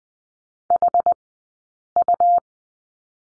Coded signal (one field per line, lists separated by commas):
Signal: Morse code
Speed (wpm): 20 wpm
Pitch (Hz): 700 Hz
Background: none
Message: HU